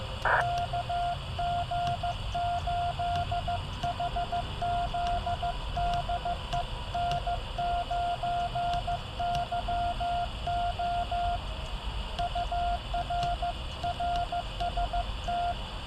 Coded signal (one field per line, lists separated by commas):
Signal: Morse code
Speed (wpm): 14 wpm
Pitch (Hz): 700 Hz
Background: radio noise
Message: KG8HZ DE N9YO UR RST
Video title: a Spring night ~ Yaesu 891 ~ CW QSO ~ SubTitles